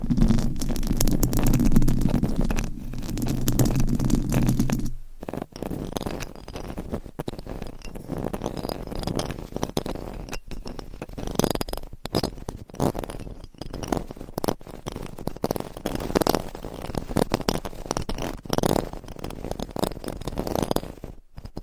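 A microphone is scratched and rubbed. For the first five seconds a steady low rumbling drone sits under the scraping, then cuts off abruptly. After that come dense, irregular bursts of scratching and friction noise, rising and falling, with a brief silent gap near the end.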